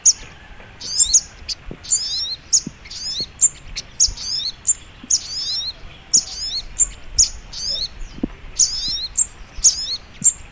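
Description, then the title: Little Spiderhunter song, bright high ticks followed by short falling twitters, repeated at a brisk pace over faint hiss. Masteran (training) recording, labelled Labaik. "Masteran Burung Sogok Ontong Labaik"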